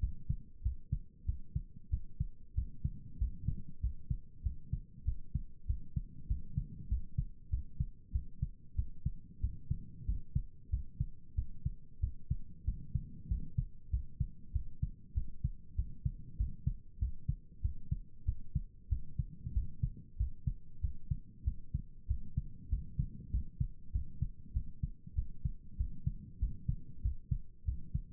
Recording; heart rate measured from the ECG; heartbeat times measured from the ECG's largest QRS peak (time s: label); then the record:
heart sounds by stethoscope; 95 bpm
0.62 s: heartbeat
1.25 s: heartbeat
1.89 s: heartbeat
2.54 s: heartbeat
3.18 s: heartbeat
3.80 s: heartbeat
4.42 s: heartbeat
5.04 s: heartbeat
5.66 s: heartbeat
6.27 s: heartbeat
6.88 s: heartbeat
7.49 s: heartbeat
8.11 s: heartbeat
8.75 s: heartbeat
9.40 s: heartbeat
10.05 s: heartbeat
10.69 s: heartbeat
11.35 s: heartbeat
12.00 s: heartbeat
12.64 s: heartbeat
13.27 s: heartbeat
13.90 s: heartbeat
14.52 s: heartbeat
15.13 s: heartbeat
15.75 s: heartbeat
16.36 s: heartbeat
16.98 s: heartbeat
17.61 s: heartbeat
18.25 s: heartbeat
18.88 s: heartbeat
19.53 s: heartbeat
20.16 s: heartbeat
20.80 s: heartbeat
21.44 s: heartbeat
22.07 s: heartbeat
22.69 s: heartbeat
23.30 s: heartbeat
23.91 s: heartbeat
24.53 s: heartbeat
25.14 s: heartbeat
25.76 s: heartbeat
26.39 s: heartbeat
27.01 s: heartbeat
27.64 s: heartbeat
From the record:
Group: healthy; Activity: rest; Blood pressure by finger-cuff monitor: 97/67 mmHg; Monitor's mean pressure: 76 mmHg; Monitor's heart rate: 96 bpm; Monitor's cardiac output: 7.6 L/min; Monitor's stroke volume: 79 mL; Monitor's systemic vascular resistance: 720 dyn s/cm5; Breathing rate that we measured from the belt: 18 breaths a minute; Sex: male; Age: 19 years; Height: 178 cm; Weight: 83 kg